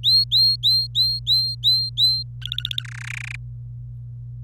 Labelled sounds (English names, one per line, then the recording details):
Domestic Canary song
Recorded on 26 April 2018 at 12:15
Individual llb3